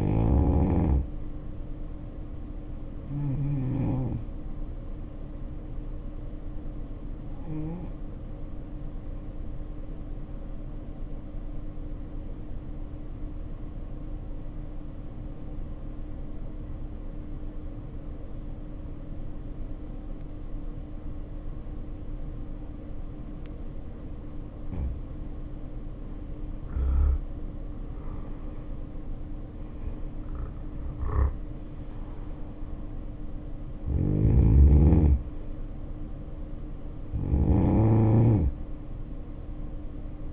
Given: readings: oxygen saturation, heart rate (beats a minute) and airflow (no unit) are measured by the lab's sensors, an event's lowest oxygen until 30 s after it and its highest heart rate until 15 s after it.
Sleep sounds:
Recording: breathing in sleep by a smartphone at the bedside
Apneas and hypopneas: 1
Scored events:
12.00-25.40 s: obstructive apnea (N2, oxygen 95% highest, then 77% lowest, heart rate 60 at the start, 71 highest)
25.00-40.32 s: new sleep stage, N1 (lightest sleep)
From the record:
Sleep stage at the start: N2 (light sleep)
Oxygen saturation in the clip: 79 to 95%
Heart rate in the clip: 55 to 71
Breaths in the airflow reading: 6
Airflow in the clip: -10.1 to 8.9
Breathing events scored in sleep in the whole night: 520 in 7.2 hours asleep

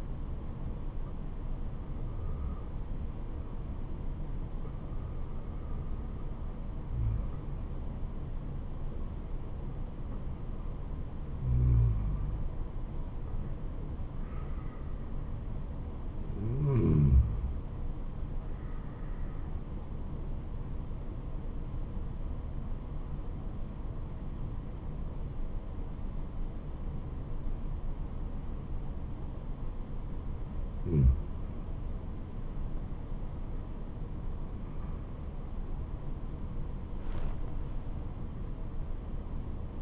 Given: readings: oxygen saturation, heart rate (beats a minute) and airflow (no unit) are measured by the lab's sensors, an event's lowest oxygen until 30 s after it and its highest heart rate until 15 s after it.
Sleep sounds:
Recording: breathing in sleep by a smartphone at the bedside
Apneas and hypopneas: 1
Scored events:
17.00-34.10 s: hypopnea (N2, oxygen 96% highest, then 93% lowest, heart rate 74 at the start, 80 highest)
From the record:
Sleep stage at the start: N2 (light sleep)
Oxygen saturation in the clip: 91 to 96%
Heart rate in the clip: 70 to 80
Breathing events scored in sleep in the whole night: 426 in 7.4 hours asleep

